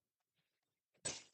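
A side panel of a small pop-together storage tray is lined up and pushed home into the tray base. After a few faint soft sounds, a sharp snap rings out at 1.1 s as the panel pops into place, fully seated.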